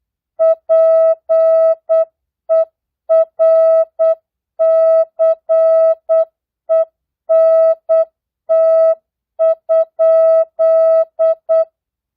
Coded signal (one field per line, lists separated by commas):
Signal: Morse code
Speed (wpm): 8 wpm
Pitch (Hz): 650 Hz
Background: music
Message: PERCENT?